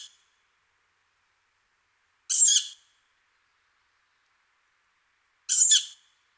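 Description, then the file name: Tawny owl uttering hoarse, wheezy screeches about three seconds apart, each short and rasping, with silence between them. "hulotte"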